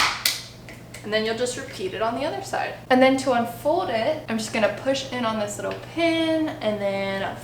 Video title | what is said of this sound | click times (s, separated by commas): How to Use the Caroma Electric Scooter 250W (Assembly + Demo!) | and pushing the button hear that click and you know it's complete | 0.3 s